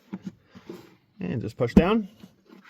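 A plastic engine cover on a 2007–2013 Chevy Silverado or GMC Sierra is handled as it is pushed down so its two rubber grommets press over the engine studs, with a few faint taps near the start. Someone talks over the handling. Nothing has seated or clicked yet.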